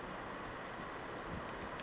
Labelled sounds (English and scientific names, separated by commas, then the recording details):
Brown Creeper (Certhia americana)
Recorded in Sonoma County, California